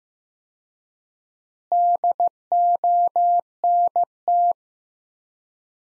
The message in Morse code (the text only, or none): DONT